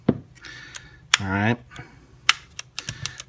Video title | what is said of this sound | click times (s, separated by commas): Hannibal Trigger Installation & Adjustment | just give it a little push and I'll hear it click you'll feel it click alright | 0.1 s